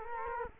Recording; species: mosquito wingbeat signal from an infrared sensor; Culex quinquefasciatus